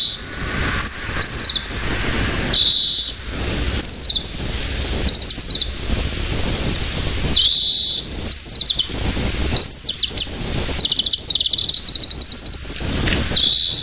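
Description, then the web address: Varied tit calling with high downslurred notes and rapid buzzy trills in irregular bursts, over steady background hiss. "sikioto. yamagarazinaki"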